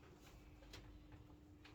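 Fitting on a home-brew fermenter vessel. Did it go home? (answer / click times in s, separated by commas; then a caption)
yes / 0.7 s, 1.6 s. A fitting on a home-brew fermenter vessel is rocked backwards and forwards, then locked into place over a faint steady hum. Two short, sharp clicks land at 0.7 s and 1.7 s, and the part is seated.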